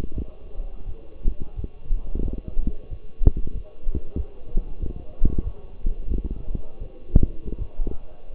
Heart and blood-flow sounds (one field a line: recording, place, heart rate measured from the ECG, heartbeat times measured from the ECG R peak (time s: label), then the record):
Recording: heart sounds by stethoscope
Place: between the tricuspid and mitral areas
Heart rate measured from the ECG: 88 bpm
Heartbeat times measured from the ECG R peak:
0.15 s: heartbeat
0.85 s: heartbeat
1.55 s: heartbeat
2.22 s: heartbeat
2.89 s: heartbeat
3.53 s: heartbeat
4.17 s: heartbeat
4.80 s: heartbeat
5.43 s: heartbeat
6.08 s: heartbeat
6.79 s: heartbeat
7.58 s: heartbeat
8.32 s: heartbeat
From the record:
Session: walking at 3.7 km/h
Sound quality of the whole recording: partially saturated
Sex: male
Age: 24 years